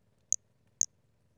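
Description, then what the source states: Brachycephalus albolineatus call: two short, piercing high-pitched notes about half a second apart, with near silence around them. Recorded on 5 February 2016.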